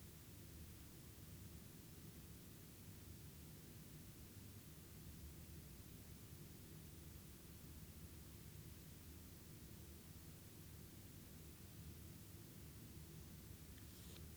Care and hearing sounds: daily activity, guitar pickup as the sensor; lie down

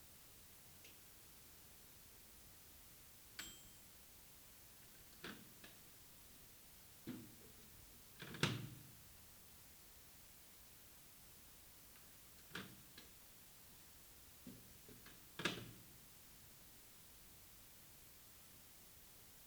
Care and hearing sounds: daily activity, guitar pickup as the sensor; use microwave

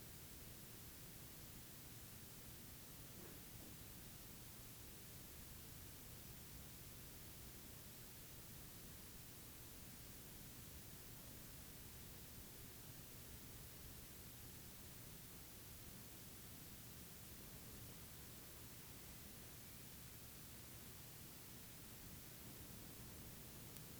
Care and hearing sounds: daily activity, guitar pickup as the sensor; lie down

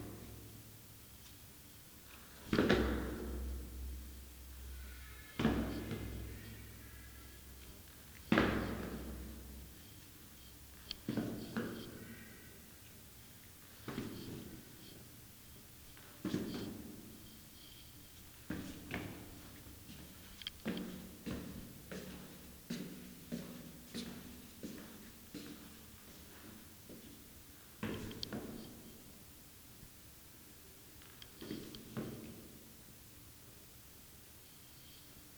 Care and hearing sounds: daily activity, guitar pickup as the sensor; go downstairs

